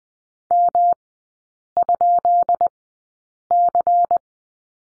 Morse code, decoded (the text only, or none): M?C